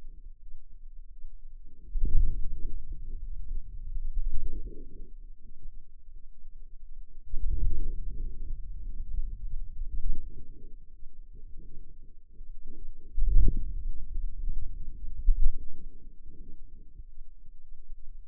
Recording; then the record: forearm muscle sounds (acoustic myography)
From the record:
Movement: wrist extension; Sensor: system 2, bracelet of six BSWA MPA416 microphones around the upper forearm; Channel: 5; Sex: female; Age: 23 years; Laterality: right